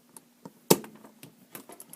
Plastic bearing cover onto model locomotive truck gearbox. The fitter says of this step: we actually swipe this and please get the bearing cover back on snap into place